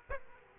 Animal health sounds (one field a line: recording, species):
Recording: mosquito wingbeat signal from an infrared sensor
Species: Aedes aegypti